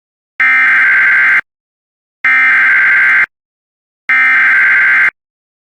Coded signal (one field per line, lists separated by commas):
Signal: Emergency Alert System (SAME) tones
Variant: header bursts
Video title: Eas alerts